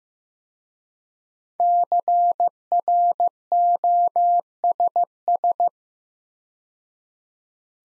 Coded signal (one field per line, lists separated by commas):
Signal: Morse code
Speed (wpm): 15 wpm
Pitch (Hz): 700 Hz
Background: none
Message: CROSS